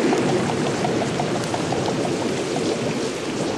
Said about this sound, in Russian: По стеклу стекают капли дождя.